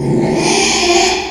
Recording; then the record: squeal of a Yucatan mini pig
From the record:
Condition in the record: after surgery on the right vocal fold (resection and tissue-engineered implant); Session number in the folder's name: 2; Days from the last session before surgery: 13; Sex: male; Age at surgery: 12 weeks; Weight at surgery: 13 kg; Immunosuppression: cyclosporine, prednisolone